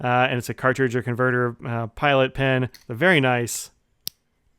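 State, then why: Seated. Someone talks, then a slip cap is pushed onto the plastic body of a solid yellow Pilot pocket fountain pen (cartridge or converter). It closes with a single sharp, snappy click at 4.1 s, and the cap is seated.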